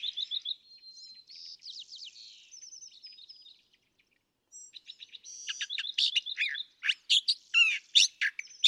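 California thrasher singing, soft warbled and whistled phrases, a brief pause, then a loud burst of varied sharp chips and rapid notes.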